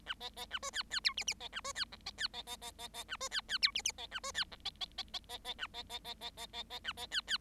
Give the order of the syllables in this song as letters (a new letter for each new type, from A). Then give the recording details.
A B B A C D D E F F B A C D G B D B B B B B A C D D E F F B A C D G B B B B B B A B B B B B B B A B D D. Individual Bird7